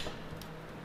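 A RAM module is being slid into a motherboard DIMM slot, where pressing it down closes the retaining arms with clicks. Only faint, steady handling noise with a low hum is heard. Nothing has seated or clicked yet.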